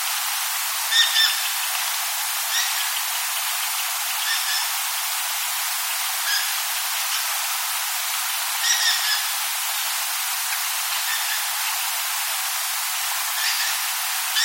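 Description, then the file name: Dusky thrush giving short, harsh call notes in several small clusters at irregular intervals, over a steady loud hiss. "tsugumi"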